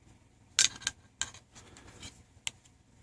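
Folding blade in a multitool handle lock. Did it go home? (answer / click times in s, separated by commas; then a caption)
yes / 0.6 s, 1.2 s, 2.5 s. Multitool blades on a folding multitool, held by a handle lock, are opened one after another, and each snaps into its locked open position with a sharp click. The clicks come at 0.6, 1.2 and 2.5 seconds, with fainter ticks and handling sounds in between. All three blades seat and lock open.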